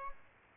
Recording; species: mosquito wingbeat signal from an infrared sensor; Aedes albopictus